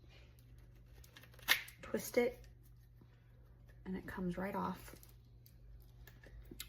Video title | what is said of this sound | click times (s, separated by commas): Review TLYSXPRO Electric Salt and Pepper Grinder Set with USB Rechargeable, Automatic One Hand Opera | Um and it is nice and secure. Do you hear that click? Nice and secure. | 6.6 s